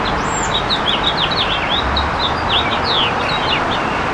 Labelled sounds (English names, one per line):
House Finch song